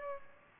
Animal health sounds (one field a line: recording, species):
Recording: mosquito wingbeat signal from an infrared sensor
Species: Aedes albopictus